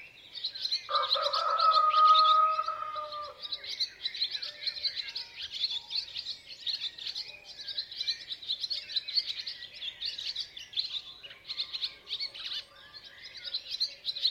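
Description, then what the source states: Chicken: rooster crowing once, a drawn-out harmonic call lasting about two and a half seconds, with many small birds chirping and twittering throughout. Rooster, male chicken, crowing.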